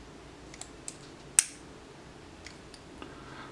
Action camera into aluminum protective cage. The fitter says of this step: latches right in and wow that that really does feel pretty solid as you can